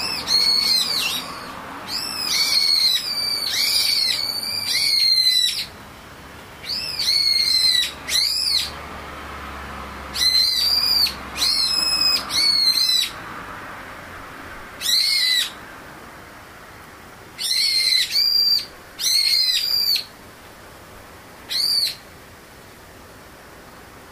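A bird calls in short, bright bursts of rapid chirps, each cluster lasting about a second. Roughly a dozen bursts come at uneven intervals across the recording, with brief quiet gaps between them. A faint low hum sits underneath in the first half.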